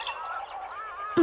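Monkey calls, loud, wavering and nasal, running together in a continuous chatter, cut off at the end by a sudden sharp knock.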